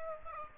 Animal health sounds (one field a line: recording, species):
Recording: mosquito wingbeat signal from an infrared sensor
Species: Aedes aegypti